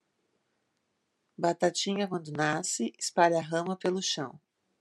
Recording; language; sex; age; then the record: short text; Brazilian Portuguese; female; 50 to 59 years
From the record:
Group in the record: control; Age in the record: 54 years